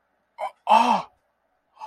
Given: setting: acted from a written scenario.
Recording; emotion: vocal sound without words; elation